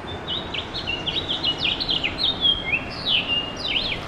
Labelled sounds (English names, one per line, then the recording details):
House Finch song
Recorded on Long Island, New York, on 21 June 2011
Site IT
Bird C